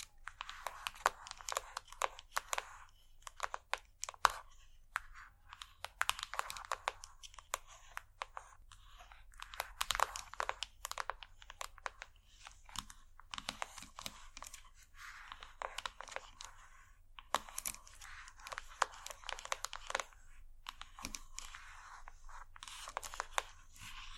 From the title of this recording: Irresistible Scratchy-tapping